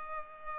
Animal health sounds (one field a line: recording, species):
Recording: mosquito wingbeat signal from an infrared sensor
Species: Culex pipiens